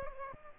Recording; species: mosquito wingbeat signal from an infrared sensor; Aedes aegypti